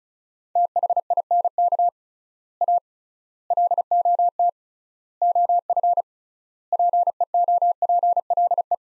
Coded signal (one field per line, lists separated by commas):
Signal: Morse code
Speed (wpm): 36 wpm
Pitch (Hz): 700 Hz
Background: none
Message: THINK A LOT OF PEOPLE